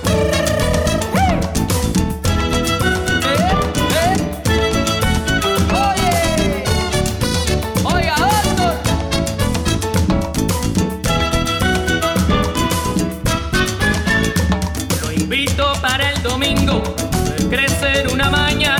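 A Latin charanga song plays steadily and loudly, with a busy rhythmic groove underneath bright, sliding melodic lines. No one speaks over it.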